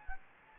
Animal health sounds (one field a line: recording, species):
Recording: mosquito wingbeat signal from an infrared sensor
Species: Anopheles gambiae